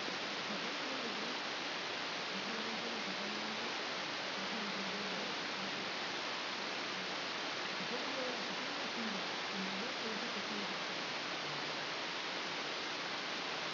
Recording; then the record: brain microelectrode recording played as sound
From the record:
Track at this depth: inside the subthalamic nucleus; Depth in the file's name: 5.513 mm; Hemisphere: left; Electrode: 2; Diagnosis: Parkinson's disease